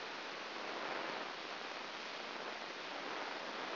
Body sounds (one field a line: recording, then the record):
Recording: brain microelectrode recording played as sound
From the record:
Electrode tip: outside the subthalamic nucleus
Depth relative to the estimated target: -5 mm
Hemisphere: left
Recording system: AlphaMap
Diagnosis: Parkinson's disease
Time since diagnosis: 9 years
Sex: female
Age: 40 years